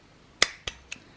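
A click-type torque wrench tightens bolts on a rebuilt engine's bottom end to spec, and it reaches its setting with a sharp click at 0.4 s. Fainter sharp clicks follow at about 0.7 s, 0.9 s and 1.2 s in an otherwise quiet background.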